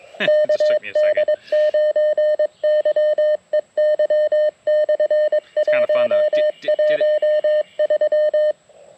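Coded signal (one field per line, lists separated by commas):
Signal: Morse code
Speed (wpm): 22 wpm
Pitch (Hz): 610 Hz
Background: none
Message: KD9YEY/113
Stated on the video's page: CW heard during the Flight of the Bumblebees event, the operator's first non-POTA CW event.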